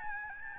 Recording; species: mosquito wingbeat signal from an infrared sensor; Aedes albopictus